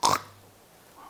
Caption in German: Ein extremes Schnarchgeräusch hören mit starken Unterbrüchen. Lange Pause, dann kann man auch mit so einer App erkennen, dass eine Störung vorliegt.